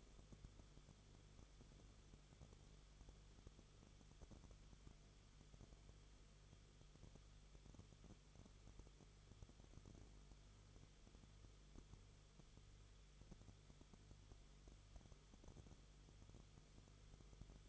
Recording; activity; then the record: daily activity, microphone in the room; no activity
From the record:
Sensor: 4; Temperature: 22.9 degrees Celsius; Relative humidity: 34.5%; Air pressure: 1011.5 hPa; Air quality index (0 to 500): 193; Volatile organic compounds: 13 ppm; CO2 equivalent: 2386 ppm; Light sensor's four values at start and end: 2/3/1/1 and 2/3/1/1